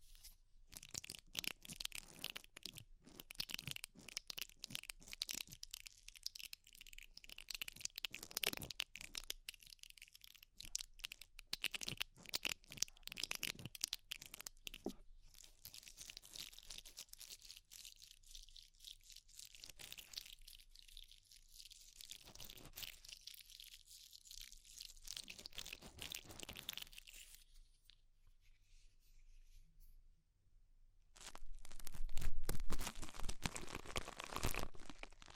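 Ear cleaning with rhinestone and clay removal: dense crackling, crinkling and scraping sounds fill the clip in irregular bursts, with brief quieter gaps around 6, 18 and 22 seconds. Near 30 seconds it nearly drops out, then returns louder with rough rubbing.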